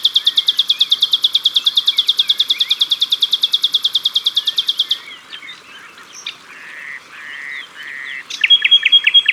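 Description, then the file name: Common nightingale song: a long, fast, even series of repeated notes lasting about five seconds, then softer rising whistles and a final burst of rapid notes. Recorded at the water's edge. "Rossignol philomele Au bord de leau"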